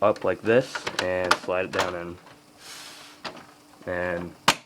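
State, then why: Not seated. A plastic side piece is slid up and then down into a game console chassis while someone talks, with brief handling sounds such as a short tap near 3.3 s. Nothing has seated or clicked yet; the clip ends just before the piece goes home.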